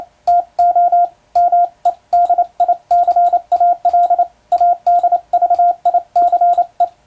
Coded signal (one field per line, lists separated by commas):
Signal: Morse code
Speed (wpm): 28 wpm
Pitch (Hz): 700 Hz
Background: radio noise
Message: TO MEDICAL ADVICE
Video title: モールスを聞こう！昔はよく聞いた懐かしい音だねぇ！エレキーで打つ欧文モールス符号！機械を使うと早くモールス信号を送れます！YouTubeの速度を調整して聴こう morse code practice